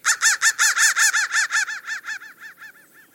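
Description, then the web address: Crow call series of hoarse, arched notes delivered rapidly, loud at first and fading quickly over three seconds. "soundfactory crow"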